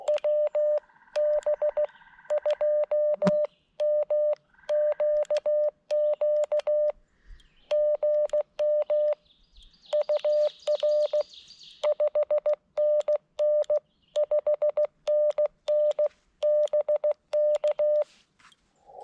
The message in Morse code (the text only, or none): WB2MQQ GM UR 5NN 5NN BK